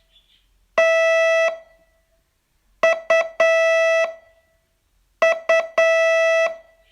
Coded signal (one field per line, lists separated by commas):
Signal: Morse code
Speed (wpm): 9 wpm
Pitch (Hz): 660 Hz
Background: music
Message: T U U